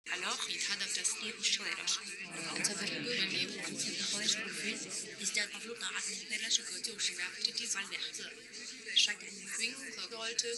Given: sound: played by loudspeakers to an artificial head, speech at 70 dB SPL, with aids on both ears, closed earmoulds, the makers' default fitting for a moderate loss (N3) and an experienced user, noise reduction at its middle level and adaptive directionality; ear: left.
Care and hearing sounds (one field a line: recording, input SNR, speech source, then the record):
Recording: speech test signal (ISTS) in cocktail-party noise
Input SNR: -3 dB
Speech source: in front (0 degrees)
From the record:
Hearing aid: class 1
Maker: H